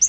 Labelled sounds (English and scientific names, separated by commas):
Yellow-rumped Warbler (Setophaga coronata) flight call